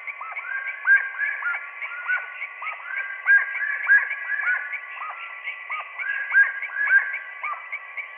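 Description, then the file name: Slaty-breasted wood rail calls: overlapping hooked and rising notes of mid pitch tumble over one another in a busy, continuous chorus, with no other sounds. Recorded 12 November 2001. "Aramidessaracura Sudameris 12 NOV 01"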